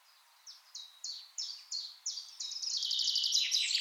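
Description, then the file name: Common chaffinch song: spaced, sharp notes about every third of a second speed up into a rapid, loud rattling trill near the end. "Fringilla coelebs"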